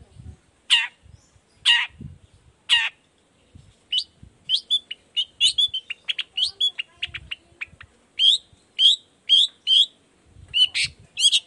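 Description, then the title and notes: Long-tailed shrike gives three loud harsh rasps about a second apart, then a run of quick chirps and twitters, ending with more harsh notes. Singing actively in the morning with varied 'toet toet' notes; recording used as a lure so other shrikes of any kind reply quickly and open their beaks. "Cendet Gacor Dor Di Kala Pagi Toet Toet Variasi Suara. Cendet Gacor Efektif Pancingan Buat Cendet Jenis Apapun Agar Cepat Nyaut Buka Paruh. Burung cendet"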